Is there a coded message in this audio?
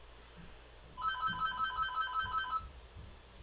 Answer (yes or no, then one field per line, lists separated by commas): no